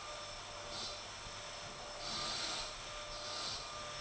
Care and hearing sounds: daily activity, microphone in the room; vacuum cleaning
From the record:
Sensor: 5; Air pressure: 988.8 hPa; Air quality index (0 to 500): 236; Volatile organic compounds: 200 ppm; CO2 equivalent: 4213 ppm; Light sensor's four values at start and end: 39/124/48/51 and 39/124/48/51

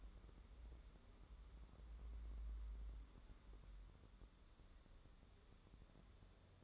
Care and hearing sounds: daily activity, microphone in the room; wipe stove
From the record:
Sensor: 3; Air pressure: 1015.0 hPa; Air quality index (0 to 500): 53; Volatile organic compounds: 1 ppm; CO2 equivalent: 678 ppm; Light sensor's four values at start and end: 15/38/15/16 and 15/38/15/16

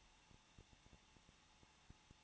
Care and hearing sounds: daily activity, microphone in the room; no activity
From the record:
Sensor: 1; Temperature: 20.1 degrees Celsius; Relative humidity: 39.4%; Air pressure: 1006.4 hPa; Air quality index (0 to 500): 219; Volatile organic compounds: 81 ppm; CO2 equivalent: 3618 ppm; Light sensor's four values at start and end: 1/2/1/1 and 1/2/1/1

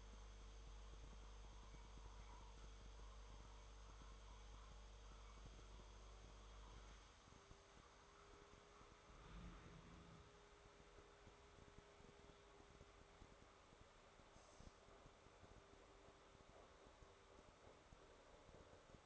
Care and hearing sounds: daily activity, microphone in the room; make coffee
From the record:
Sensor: 3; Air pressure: 1014.7 hPa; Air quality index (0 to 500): 189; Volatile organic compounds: 20 ppm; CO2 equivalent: 2702 ppm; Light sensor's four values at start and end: 5/12/4/4 and 5/12/4/4

